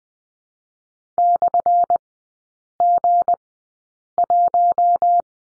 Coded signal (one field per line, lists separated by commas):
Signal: Morse code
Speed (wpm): 20 wpm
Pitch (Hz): 700 Hz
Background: none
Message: /G1